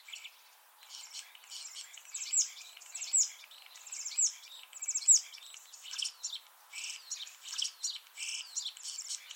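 Common starling song: a dense, varied run of high chattering phrases, clicks and short whistles, with bursts coming roughly every second.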